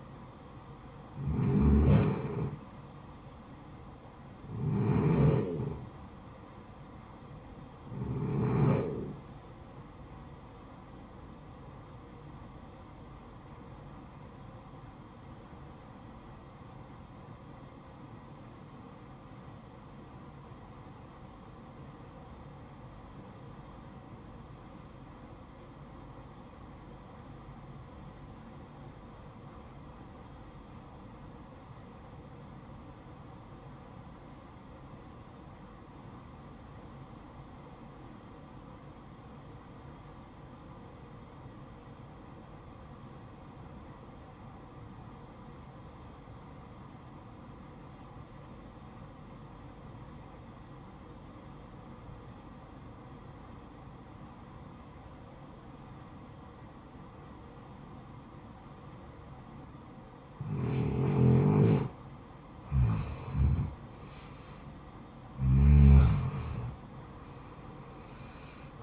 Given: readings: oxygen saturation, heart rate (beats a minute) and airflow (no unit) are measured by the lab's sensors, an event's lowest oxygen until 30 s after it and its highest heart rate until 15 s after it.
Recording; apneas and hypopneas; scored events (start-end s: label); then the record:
breathing in sleep by a smartphone at the bedside; 1
16.00-62.10 s: obstructive apnea (REM, oxygen 95% highest, then 79% lowest, heart rate 58 at the start, 72 highest)
From the record:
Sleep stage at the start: REM sleep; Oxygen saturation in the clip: 81 to 95%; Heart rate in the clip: 49 to 70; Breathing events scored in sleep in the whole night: 573 in 9.8 hours asleep